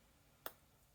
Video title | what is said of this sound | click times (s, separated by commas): Python Taster Course - Module 3 - Build a Ring:bit Robot Car | you should hear a small click. | 0.5 s